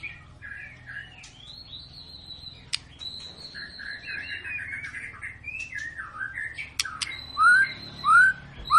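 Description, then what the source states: White-rumped shama song: a varied run of clear whistled phrases and short warbles, ending with two loud rising slurred whistles, over a low steady hum. Long lure recording (pancingan) of a persistently singing (gacor) white-rumped shama, used to prompt other birds to sing.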